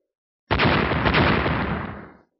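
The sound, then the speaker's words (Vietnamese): A loud, sustained explosive roar erupts suddenly in the sky, a dense rumbling blast that rolls on for nearly two seconds before fading out. No voices are heard. “Tiếng nổ vô biên vô hạn không ngừng vang vọng ở trên bầu trời.”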